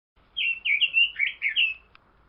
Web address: red billed leiothrix call